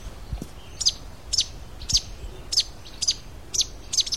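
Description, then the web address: Fruiteater giving thin, very high piercing notes, repeated roughly every half second over a quiet background hiss. "cantos fruteyungue"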